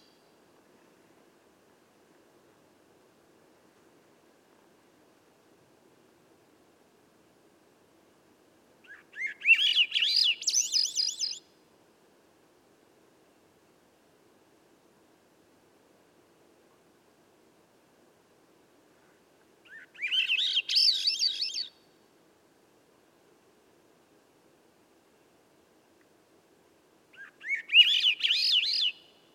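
A Swainson's Thrush sings three separate phrases, at about 9, 20 and 27 seconds, each a bright, rising, fluttery spiral lasting roughly two seconds. Long silences separate the songs, with only a faint low hum underneath throughout.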